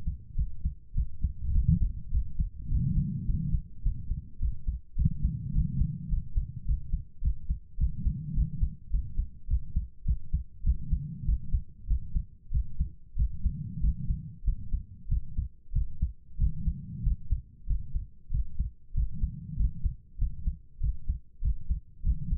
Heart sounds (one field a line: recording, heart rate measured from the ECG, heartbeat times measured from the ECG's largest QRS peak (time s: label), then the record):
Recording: heart sounds by stethoscope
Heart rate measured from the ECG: 100 bpm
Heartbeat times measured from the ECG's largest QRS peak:
0.34 s: heartbeat
0.93 s: heartbeat
1.51 s: heartbeat
2.10 s: heartbeat
2.67 s: heartbeat
3.24 s: heartbeat
3.81 s: heartbeat
4.38 s: heartbeat
4.95 s: heartbeat
5.51 s: heartbeat
6.08 s: heartbeat
6.64 s: heartbeat
7.20 s: heartbeat
7.76 s: heartbeat
8.33 s: heartbeat
8.89 s: heartbeat
9.46 s: heartbeat
10.04 s: heartbeat
10.62 s: heartbeat
11.24 s: heartbeat
11.86 s: heartbeat
12.50 s: heartbeat
13.15 s: heartbeat
13.79 s: heartbeat
14.43 s: heartbeat
15.07 s: heartbeat
15.71 s: heartbeat
16.37 s: heartbeat
17.02 s: heartbeat
17.66 s: heartbeat
18.30 s: heartbeat
18.93 s: heartbeat
19.55 s: heartbeat
20.17 s: heartbeat
20.79 s: heartbeat
21.40 s: heartbeat
22.02 s: heartbeat
From the record:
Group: healthy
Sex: female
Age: 32 years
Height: 172 cm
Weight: 71.7 kg